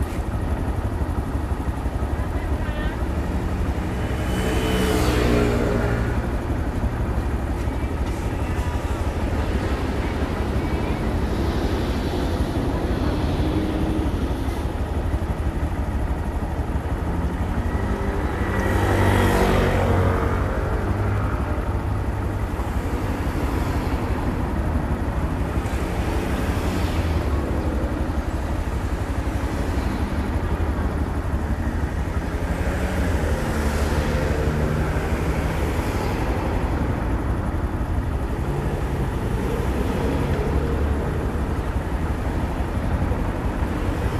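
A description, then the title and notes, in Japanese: A motorcycle ridden without anyone speaking, its engine a steady low rumble that stays loud and even for the whole ride. Brighter whooshing swells rise every few seconds, strongest around 5 and 19 seconds, like passing traffic or gusts of wind. 無言でバイクを走らせました。周りの車の音なども入っています。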